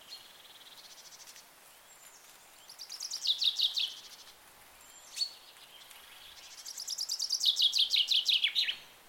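Bird song: soft high trills followed by two louder bursts of rapid chirping notes, the last ending with descending chirps.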